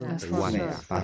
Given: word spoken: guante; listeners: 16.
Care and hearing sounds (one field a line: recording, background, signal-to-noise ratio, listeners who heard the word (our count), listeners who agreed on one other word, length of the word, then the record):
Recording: one Spanish word in noise, from a listening test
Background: four-talker babble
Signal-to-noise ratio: -2.5 dB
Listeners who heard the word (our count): 0 of 16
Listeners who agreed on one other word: 8 of 16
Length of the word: 0.64 s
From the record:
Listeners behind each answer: 8, 1, 1, 1, 1, 1, 1, 1, 1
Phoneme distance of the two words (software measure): 7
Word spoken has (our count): 2 syllables, 6 phonemes, stress on syllable 1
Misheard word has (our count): 2 syllables, 7 phonemes, stress on syllable 1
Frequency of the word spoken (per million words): 4.81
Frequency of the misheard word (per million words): 8.48